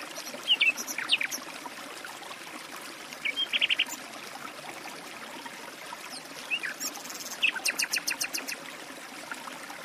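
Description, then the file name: Nightingale song: short high whistles and chirps, then a fast rhythmic run of repeated sharp notes, over a steady trickling stream. Recorded beside a forest stream. "Penie ptic - Solovej u lesnogo ruchya"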